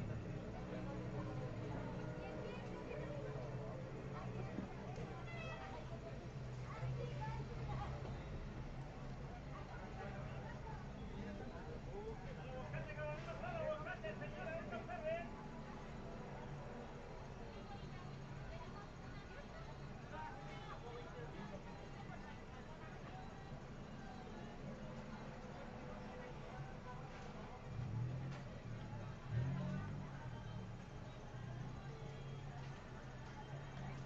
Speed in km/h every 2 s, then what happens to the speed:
0, 0, 0, 2, 5, 4, 1, 0, 0, 0, 0, 0, 0, 0, 0, 0, 0.
0-6 standing. 6-12 steady at about 2. 12-34 standing.